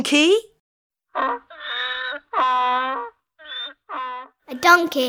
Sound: fx: donkey